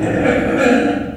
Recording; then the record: squeal of a Yucatan mini pig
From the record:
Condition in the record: after surgery on the right vocal fold (resection and tissue-engineered implant); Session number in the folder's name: 3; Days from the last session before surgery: 21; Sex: female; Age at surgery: 19 weeks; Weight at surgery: 25 kg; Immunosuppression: prednisolone